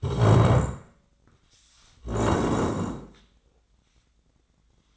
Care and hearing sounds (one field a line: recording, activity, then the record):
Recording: daily activity, microphone in the room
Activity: stand up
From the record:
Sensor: 3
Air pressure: 1012.3 hPa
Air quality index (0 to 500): 176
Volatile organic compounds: 3 ppm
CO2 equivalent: 1345 ppm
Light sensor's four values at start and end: 91/233/100/133 and 61/153/67/73